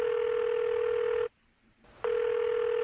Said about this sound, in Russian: Телефон звонит два раза.